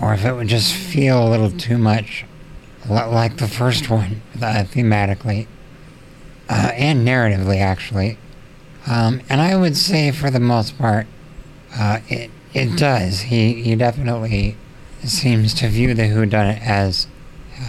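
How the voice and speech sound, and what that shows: A man's clear, low voice speaks in short bursts of a few words, broken by regular pauses of about a second as each ventilator breath is delivered. This chopped phrasing reflects speech through a tracheostomy speaking valve while on a ventilator, which limits speed and phrase length.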